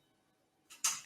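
The leg section of a profiling bed keeps lowering, and its ratchet gives another sharp click into the next notch at 0.9 s. This follows a brief rise in sound at about 0.7 s, and another short sharp transient comes at the very end near 1.1 s. The section has seated in the next notch.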